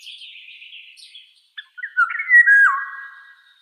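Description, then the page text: Eurasian golden oriole song: a loud, fluting whistled phrase with a downward slur, preceded by softer scratchy chatter. "Иволга обыкновенная (Oriolus oriolus) - Пение"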